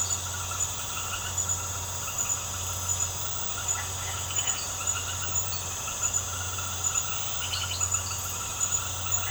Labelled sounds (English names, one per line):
none